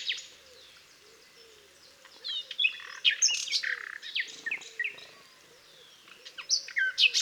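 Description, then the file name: Common nightingale singing rich, changeable phrases of clicks, whistles and rapid bursts, with pauses between, while low looping calls repeat steadily underneath. "Luscinia megarhynchos"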